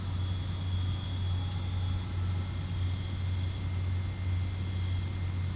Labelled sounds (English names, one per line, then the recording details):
none
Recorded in pastures near Puerto Asís, Putumayo, Colombia, on 15 December 2024 at 01:30
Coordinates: 0.505, -76.324
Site G063